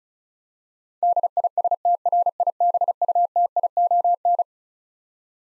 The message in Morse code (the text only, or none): DISTRIBUTION